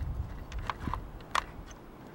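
The mounting nipple on the back of a GNSS receiver is pushed into a tripod quick-release mount while the mount's button is held down. A few small clicks and knocks are heard, and the receiver clicks and seats in the mount at 1.4 seconds, secure enough to be pulled on.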